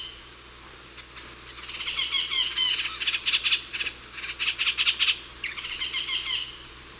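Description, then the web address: Yellow-tufted woodpecker chattering in a series of fast, rattling bursts over several seconds, against a constant background hiss. South America, eastern lowlands. "ENTER Music and Audio J - Nature Songs S America Eastern Lowlands Yellow-tufted Woodpecker"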